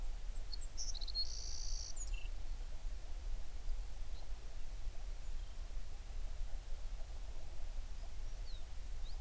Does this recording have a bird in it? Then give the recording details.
yes. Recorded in the Prudhoe Bay oil fields, Alaska, on 11 June 2019 at 04:44. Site 21